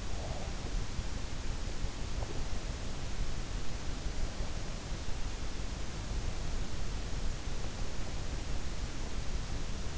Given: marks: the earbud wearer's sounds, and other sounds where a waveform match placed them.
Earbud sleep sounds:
sounds in sleep by an in-ear microphone; breath
0.00-0.84 s: breath

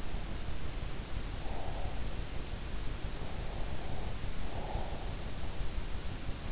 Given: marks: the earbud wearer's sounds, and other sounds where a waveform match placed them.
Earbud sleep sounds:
sounds in sleep by an in-ear microphone; breath
1.18-2.45 s: breath
3.32-5.38 s: breath

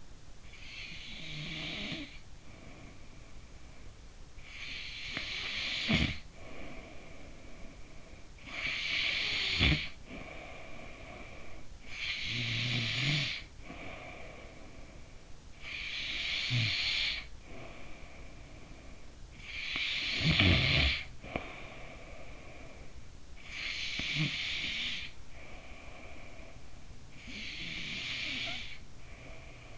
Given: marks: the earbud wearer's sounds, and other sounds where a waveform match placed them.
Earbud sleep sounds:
sounds in sleep by an in-ear microphone; breath, snoring breath
0.00-2.80 s: breath
3.83-15.27 s: snoring breath
15.27-18.93 s: breath
18.93-22.93 s: snoring breath
22.93-29.78 s: breath

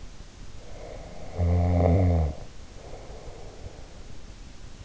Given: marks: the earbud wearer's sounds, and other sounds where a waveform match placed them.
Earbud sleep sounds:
sounds in sleep by an in-ear microphone; snoring breath
0.57-4.11 s: snoring breath

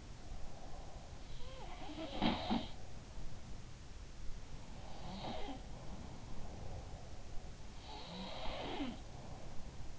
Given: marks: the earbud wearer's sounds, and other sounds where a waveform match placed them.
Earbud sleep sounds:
sounds in sleep by an in-ear microphone; breath
0.00-1.49 s: breath
1.33-3.96 s: sound from someone else or the room
4.68-7.54 s: sound from someone else or the room
7.63-9.99 s: sound from someone else or the room

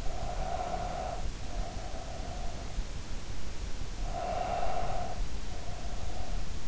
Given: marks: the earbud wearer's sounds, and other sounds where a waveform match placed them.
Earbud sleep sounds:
sounds in sleep by an in-ear microphone; breath
0.08-3.02 s: breath
3.85-6.55 s: breath

